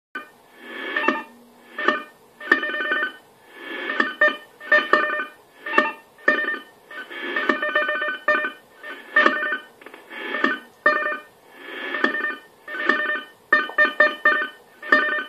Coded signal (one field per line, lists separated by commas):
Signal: unidentified radio signal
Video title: AMIS Signal der Energie AG Oberösterreich im Langwellenbereich 2014 03 15 14 49 18